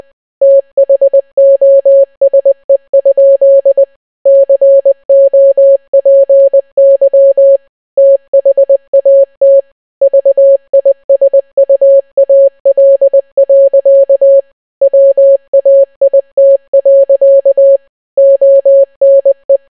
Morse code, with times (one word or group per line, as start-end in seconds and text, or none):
0.4-3.8 THOSE?
4.3-7.6 COPY
8.0-9.6 THAT
10.0-14.4 VISUAL.
14.8-17.8 WAIT.
18.2-19.6 ONE